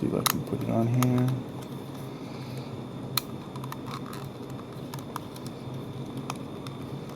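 Someone talks while handling a plastic tune-up part, fitting it onto a toy car body, with several short sharp ticks of handling at about 3.2, 3.7, 5.2 and 6.3 seconds. Nothing has seated or clicked yet, so the part is not yet home on the toy car.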